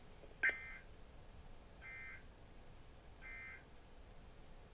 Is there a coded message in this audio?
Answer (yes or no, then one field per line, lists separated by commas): no